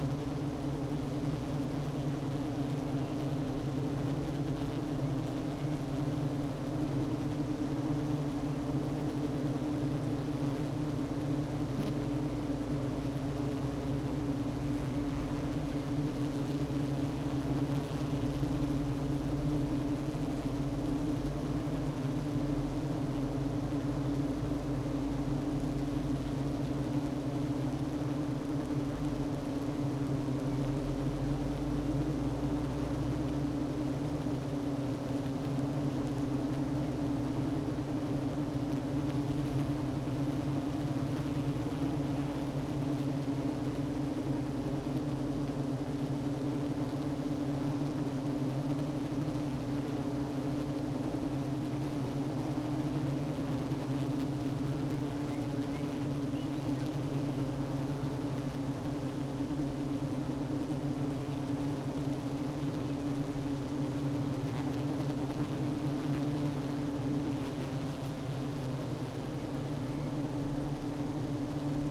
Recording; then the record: honeybee colony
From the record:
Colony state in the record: active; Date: 12 June 2018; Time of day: 10:50